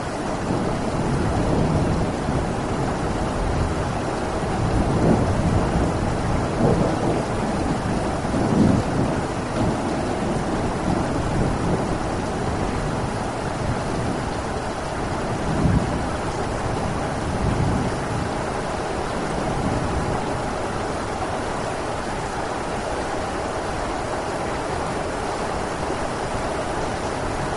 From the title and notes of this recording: City Rain. You hear the sound of the raindrops hitting the pavement and the distant hum of traffic, as the rain transforms the urban landscape and brings a sense of tranquility and relaxation.